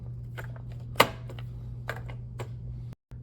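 A new Whirlpool W10843055 main control board for a refrigerator freezer is slid behind the left tabs and pressed into its plastic mount. A few light ticks and taps sound over a steady low hum, and a loud sharp snap at 1.0 s marks the board seating in place.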